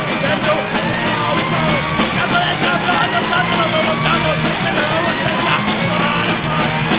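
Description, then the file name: Pigs giving loud overlapping squeals and grunts in a steady, noisy chorus. "cerdos"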